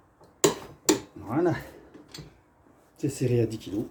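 A torque wrench tightens a bolt on a lawn mower after the belt has been replaced, giving two sharp metallic clicks at 0.4 s and 0.9 s as it reaches the set torque. Someone talks before and after the clicks.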